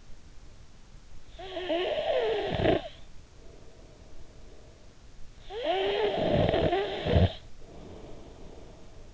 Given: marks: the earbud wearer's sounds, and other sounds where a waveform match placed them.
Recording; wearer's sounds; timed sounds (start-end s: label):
sounds in sleep by an in-ear microphone; snoring breath
1.18-4.81 s: snoring breath
5.33-9.14 s: snoring breath